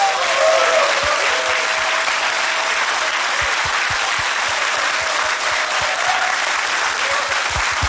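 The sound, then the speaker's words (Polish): Sustained applause from an audience for Michał Urbaniak, seated in the front row, at a Polish Radio Trójka broadcast, a dense, steady wash of many hands clapping at an even loudness for several seconds, with no speech over it. “w pierwszym rzędzie jest z nami pan Michał Urbaniak. Wielkie brawa.”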